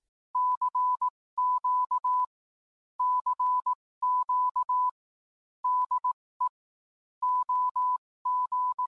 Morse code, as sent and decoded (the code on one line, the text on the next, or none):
-.-. --.- / -.-. --.- / -.. . / --- --.
CQ CQ DE OG